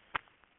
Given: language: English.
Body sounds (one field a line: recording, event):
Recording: throat vibration sensor signal played as sound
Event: swallow